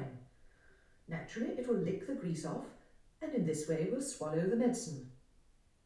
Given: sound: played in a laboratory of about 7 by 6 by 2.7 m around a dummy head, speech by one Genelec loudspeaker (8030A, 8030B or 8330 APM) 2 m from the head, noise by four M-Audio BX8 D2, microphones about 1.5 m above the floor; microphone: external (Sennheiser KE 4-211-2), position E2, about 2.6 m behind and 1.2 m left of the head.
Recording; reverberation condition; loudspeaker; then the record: female speech in English; medium; 90 degrees to the right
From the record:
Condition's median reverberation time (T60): about 510 ms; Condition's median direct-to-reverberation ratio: about -0.5 dB